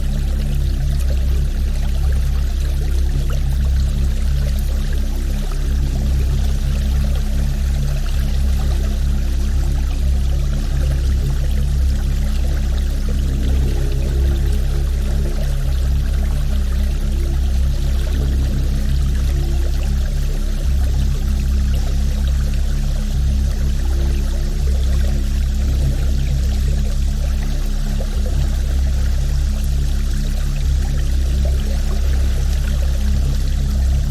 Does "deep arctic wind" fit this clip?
no